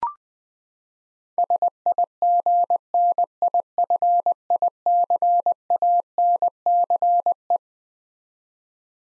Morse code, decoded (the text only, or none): SIGNIFICANCE